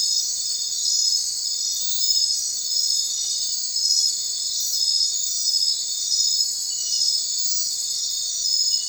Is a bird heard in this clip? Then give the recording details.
no. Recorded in secondary vegetation near Puerto Asís, Putumayo, Colombia, on 29 June 2025 at 01:00. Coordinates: 0.499, -76.323. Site G077